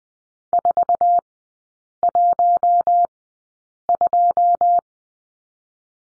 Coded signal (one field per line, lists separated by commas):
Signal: Morse code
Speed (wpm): 20 wpm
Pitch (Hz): 700 Hz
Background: none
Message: 412